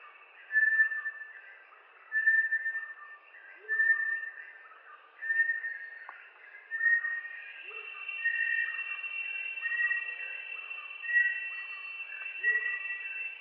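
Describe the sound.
Bartlett's tinamou calling with pure whistled notes repeated about every one and a half seconds, under a steady high insect drone.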